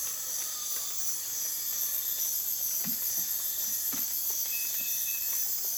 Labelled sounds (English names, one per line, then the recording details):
none
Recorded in dense forest near Puerto Asís, Putumayo, Colombia, on 25 June 2025 at 03:30
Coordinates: 0.484, -76.325
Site H65